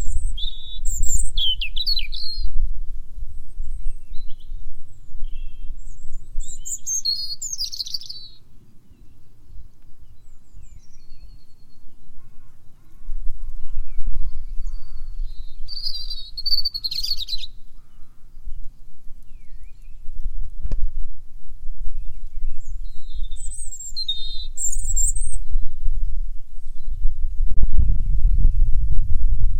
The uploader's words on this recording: ROBIN SONG VERSUS THE COMPETITION. Stocktaking around my client's fields and hedgerows and I came across this beauty defending his patch.